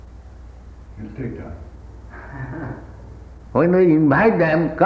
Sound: laughter

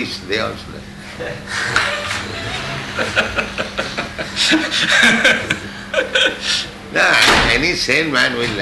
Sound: professor laughs

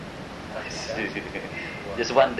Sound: laughs

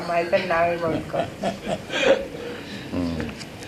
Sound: Prabhupāda laughs

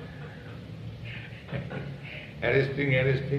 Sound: chuckles

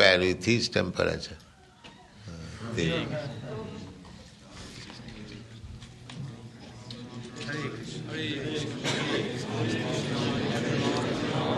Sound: devotees chant japa

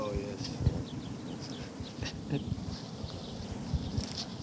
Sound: laughs

